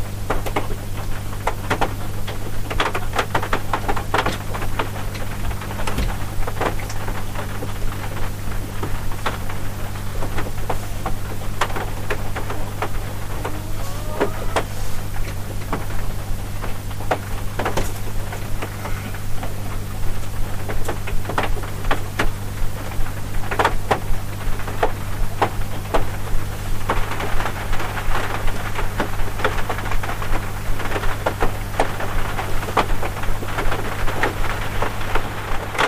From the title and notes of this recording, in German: Beruhigende Geräusche von dicken Tropfen.